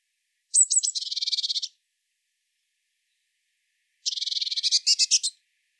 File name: Cyanistes caeruleus